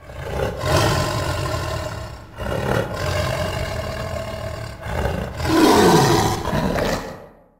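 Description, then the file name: Wild boar vocalising: several long bouts of rough, rasping low grunting noise, one with a falling sweep near the end. "Vildsvin"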